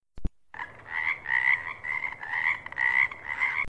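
Frog croaking in a buzzy, pulsed trill held near one pitch, about six bursts in three seconds, preceded by a couple of sharp clicks.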